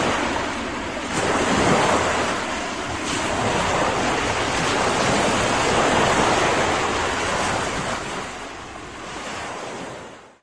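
Sea waves wash in a continuous, dense roar, swelling around two seconds and again near six before easing slightly toward eight seconds. The sound is full, mostly hissing mid and upper tones, with wind buffeting the microphone underneath.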